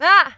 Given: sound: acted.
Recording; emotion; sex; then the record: nonverbal affect burst; surprise; female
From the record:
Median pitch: 329 Hz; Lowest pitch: 208 Hz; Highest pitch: 405 Hz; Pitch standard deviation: 62 Hz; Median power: 73.9 dB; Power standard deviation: 14.7 dB